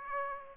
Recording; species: mosquito wingbeat signal from an infrared sensor; Aedes aegypti